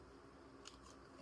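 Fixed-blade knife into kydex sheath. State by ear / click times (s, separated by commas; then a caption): seated / 0.7 s. A fixed-blade Reef Knives Circadian utility knife in a Warncliff style is pushed into its molded kydex sheath against a steady low background hum. A single short, sharp click at 0.7 s marks the knife seating and being retained in the sheath with a tight fit that won't rattle.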